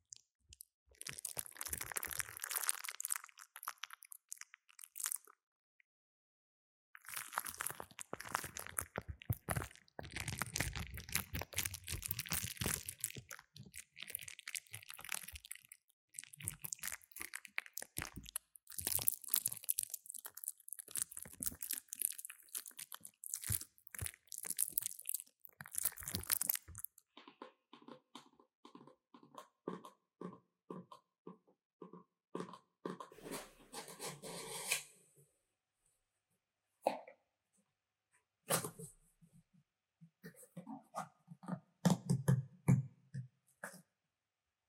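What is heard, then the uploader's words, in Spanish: Paper and cardboard crinkle and rustle during careful unpacking, dense crunching for the first half, then lighter scratching and soft handling taps with brief pauses. Unboxing ASMR Relajante: Lente Macro Canon 100mm f/2.8L Sonidos y Texturas Increíbles. Escucha los sonidos suaves y cautivadores del papel, la caja y los elementos protectores mientras los desempacamos con cuidado.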